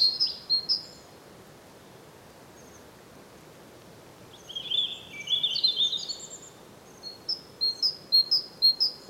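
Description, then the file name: European robin giving short high notes, then a slurred warbling phrase, then a fresh series of crisp repeated notes. "Erithacus rubecula"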